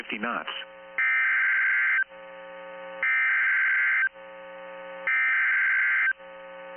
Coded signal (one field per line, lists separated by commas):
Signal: Emergency Alert System (SAME) tones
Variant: header bursts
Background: speech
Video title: 3/14/23 Areial Flood Warning On KEC73 EAS#328